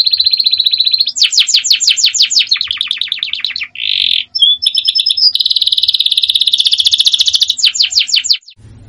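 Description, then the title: Belgian canary delivering an almost continuous high song of rolling trills and rapid repeated notes, with a brief harsh burst midway and a long buzzy roll before stopping. Female Belgian canary calling a male; sound meant to warm up, or stimulate, canaries. "Canto Para Esquentar Canário Belga. SUARA BURUNG KENARI BETINA MEMANGGIL JANTAN"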